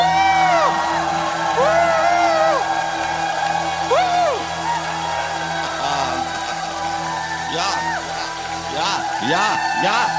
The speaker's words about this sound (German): Jubelschrei!